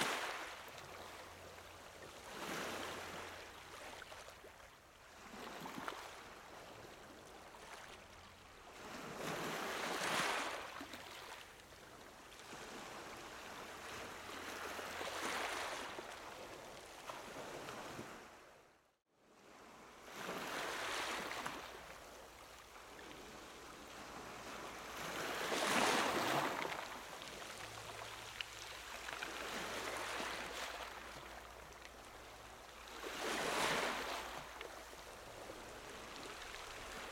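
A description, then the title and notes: Ocean waves wash in and out in a steady rhythm, each swell rising to a bright hiss and falling back every few seconds. Near the middle the sound cuts out briefly, then the surf resumes. A faint low hum sits underneath throughout. 5 minutes of soothing ocean sounds while you write.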